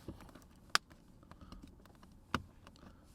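On a BMW iX, the plastic cabin air filter (microfilter) cover under the glovebox has its twist fastener turned to the right into its bracket. Two loud, sharp clicks sound at 0.8 s and 2.4 s over faint background ticks, and the fastener is seated in the bracket.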